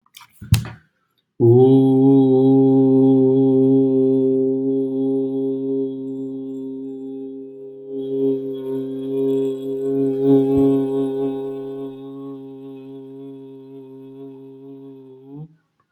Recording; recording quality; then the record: sustained vowel as in boot; excellent, no background noise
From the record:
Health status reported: healthy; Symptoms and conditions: none ticked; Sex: male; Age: 37 years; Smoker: yes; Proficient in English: yes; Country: India